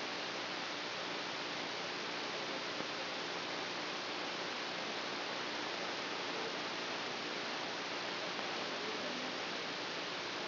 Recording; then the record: brain microelectrode recording played as sound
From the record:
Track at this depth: inside the subthalamic nucleus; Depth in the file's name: 0.04 mm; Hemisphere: right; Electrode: 3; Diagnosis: Parkinson's disease